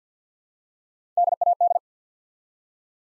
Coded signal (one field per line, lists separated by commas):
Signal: Morse code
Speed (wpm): 50 wpm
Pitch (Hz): 700 Hz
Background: none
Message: DAD